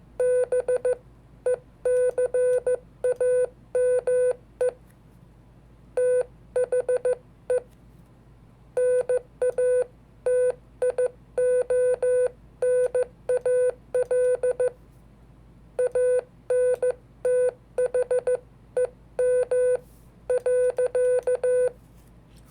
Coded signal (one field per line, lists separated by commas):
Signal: Morse code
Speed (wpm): 14 wpm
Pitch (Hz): 500 Hz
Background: none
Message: BECAME THE NATIONAL ANTHEM.